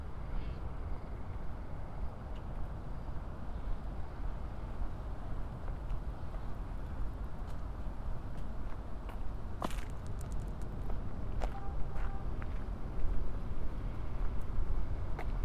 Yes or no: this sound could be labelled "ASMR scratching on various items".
no